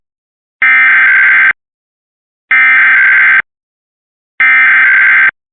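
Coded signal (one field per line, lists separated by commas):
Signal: Emergency Alert System (SAME) tones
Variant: header bursts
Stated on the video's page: Real overnight required monthly tests for Nebraska, Missouri, Georgia and District of Columbia.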